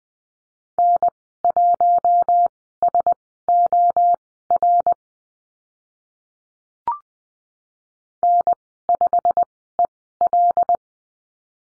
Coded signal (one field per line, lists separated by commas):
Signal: Morse code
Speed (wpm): 20 wpm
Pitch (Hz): 700 Hz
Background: none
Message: N1SOR N5EL